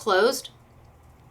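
A plastic cap is handled against a Tombow marker barrel while someone talks briefly at the start, and the cap has not yet snapped closed by the end of the 1.4-second clip. The cap must be heard snapping shut to be truly closed, and that snap has not happened yet.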